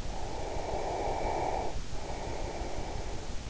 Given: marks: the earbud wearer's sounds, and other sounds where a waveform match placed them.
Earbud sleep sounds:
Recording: sounds in sleep by an in-ear microphone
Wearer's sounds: breath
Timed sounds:
0.01-3.42 s: breath

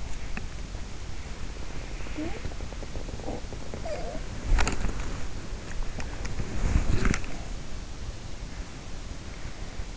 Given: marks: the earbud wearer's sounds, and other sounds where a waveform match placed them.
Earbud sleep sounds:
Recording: sounds in sleep by an in-ear microphone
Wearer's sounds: body movement, talking in sleep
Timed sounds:
0.00-8.70 s: body movement
3.22-3.42 s: talking in sleep
3.87-4.18 s: talking in sleep

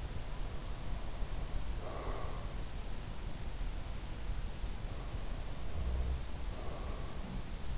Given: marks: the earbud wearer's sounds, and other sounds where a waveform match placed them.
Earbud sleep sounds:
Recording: sounds in sleep by an in-ear microphone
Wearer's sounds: breath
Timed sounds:
1.55-2.78 s: breath
5.64-7.78 s: breath

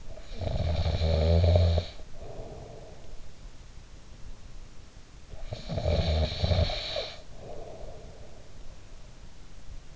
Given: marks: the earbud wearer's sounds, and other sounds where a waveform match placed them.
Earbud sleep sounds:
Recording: sounds in sleep by an in-ear microphone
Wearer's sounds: snoring breath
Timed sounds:
0.00-3.15 s: snoring breath
5.26-8.48 s: snoring breath

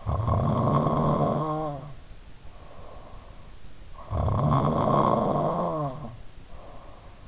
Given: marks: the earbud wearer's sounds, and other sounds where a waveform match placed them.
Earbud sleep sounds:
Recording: sounds in sleep by an in-ear microphone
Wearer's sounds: snoring breath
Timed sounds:
0.03-3.34 s: snoring breath
3.97-7.28 s: snoring breath

